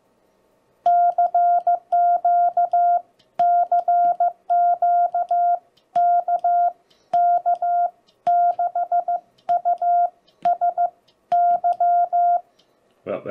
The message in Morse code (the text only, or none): CQ CQ KK6USY